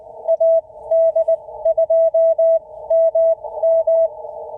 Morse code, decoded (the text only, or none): AD2MM